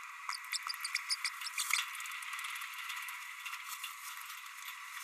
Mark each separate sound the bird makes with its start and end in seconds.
0.53-0.58, 0.84-0.88, 1.10-1.16, 1.24-1.29, 1.57-1.63, 1.73-1.78